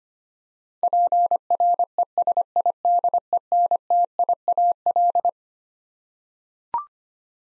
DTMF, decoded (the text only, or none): none